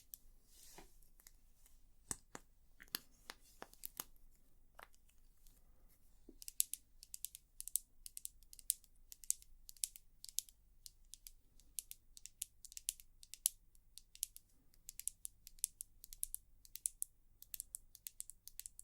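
Sharp, dry tapping clicks, spaced out and irregular for six seconds, then quicker, thinner and brighter, ticking steadily over a faint low hum.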